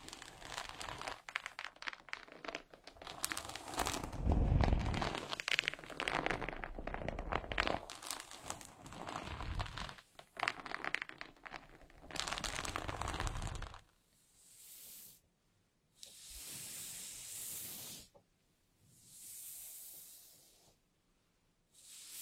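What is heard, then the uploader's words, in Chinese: Hair is gently combed and brushed. The first half is a dense, crackly run of overlapping scratchy strokes, with a louder rustle near five seconds; after that come three separate soft, airy swishes, each lasting a second or two, with quiet gaps between. 温温柔柔梳头发。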